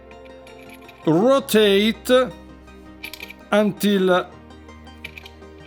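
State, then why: Seated. The metal airflow control ring on a BP Mods Sure RTA rebuildable tank atomizer is pulled off and rotated, with faint ticks near 3.0–3.3 s as it turns. Someone talks between the sounds. The ring clicks into its set slot position at 5.1 s, seating it in place.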